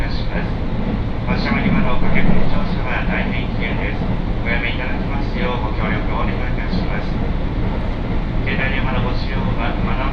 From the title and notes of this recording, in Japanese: 耳で楽しむ鉄道旅 東海道本線 熱田→名古屋→大垣。熱田から名古屋までは各駅停車に乗っていきますが、このあとのダイヤの都合上一旦名古屋から大垣までは新快速での移動にします。